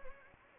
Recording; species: mosquito wingbeat signal from an infrared sensor; Anopheles gambiae